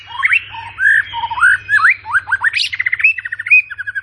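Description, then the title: White-rumped shama song: a short energetic run of sweeping whistled notes climbing and dipping, then a quick chattering trill. Captive bird; morning song used as a lure to prompt caged white-rumped shamas to sing. "PANCINGAN MURAI BATU. PAGI HARI! MURAI BATU GACOR"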